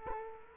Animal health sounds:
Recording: mosquito wingbeat signal from an infrared sensor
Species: Culex quinquefasciatus

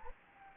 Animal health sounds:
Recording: mosquito wingbeat signal from an infrared sensor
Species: Anopheles gambiae

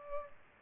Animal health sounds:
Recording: mosquito wingbeat signal from an infrared sensor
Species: Culex pipiens

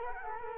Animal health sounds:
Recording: mosquito wingbeat signal from an infrared sensor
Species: Culex quinquefasciatus

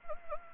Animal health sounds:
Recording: mosquito wingbeat signal from an infrared sensor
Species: Anopheles gambiae

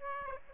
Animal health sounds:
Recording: mosquito wingbeat signal from an infrared sensor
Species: Aedes aegypti

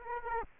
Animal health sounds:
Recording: mosquito wingbeat signal from an infrared sensor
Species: Aedes aegypti

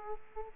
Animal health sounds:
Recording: mosquito wingbeat signal from an infrared sensor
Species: Aedes aegypti

